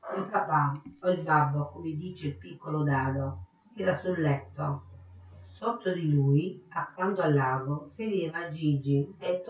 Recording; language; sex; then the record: read passage; Italian; female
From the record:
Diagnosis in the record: Parkinson's disease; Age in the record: 63 years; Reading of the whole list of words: 61 s, 4.6 characters per second